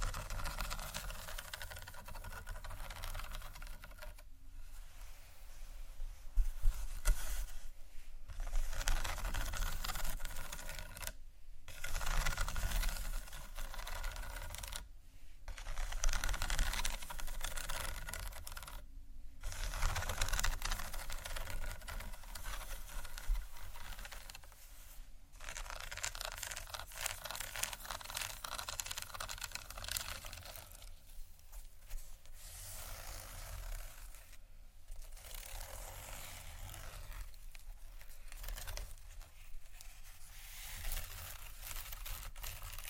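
Busy handling of plastic and glass objects, with dense scratching and rattling that fills the whole clip. Brief quiet gaps break it every few seconds, around 4, 8, 11, 15, 19 and 25 seconds. A low steady hum sits underneath throughout.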